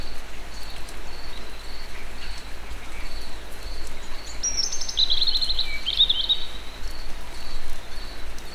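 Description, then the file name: European robin delivering one phrase of sharp, high, tinkling notes and a brief trill, over regularly repeating insect-like pulses and a broad steady hiss. Recorded in nature. "vorosbegy egerturistahaz"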